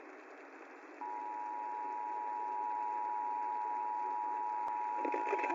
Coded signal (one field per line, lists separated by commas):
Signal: Emergency Alert System (SAME) tones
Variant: 853 and 960 Hz attention tone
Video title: 2030s: The Collapse of America, Part 2 | Radio Broadcast with Richard Sheridan, former CNN Reporter